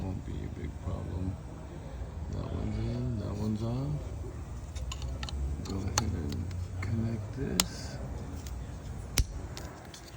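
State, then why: Seated. A plastic wiring harness connector is pushed onto its mating socket on an engine component during reassembly on a 2019 Hyundai Kona 1.6 L starter replacement. Someone talks over faint handling clatter, and a sharp click at 9.2 s marks the connector seating.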